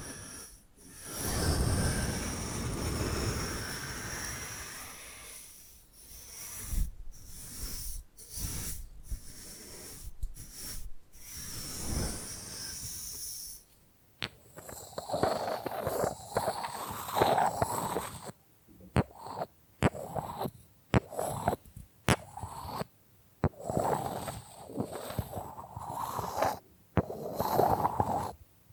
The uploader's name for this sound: Bamboo Tapping, Scratching and Brushing Sounds